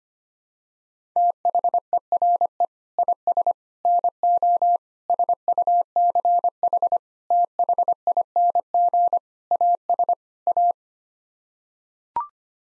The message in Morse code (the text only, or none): THERE IS NO SUCH THING AS A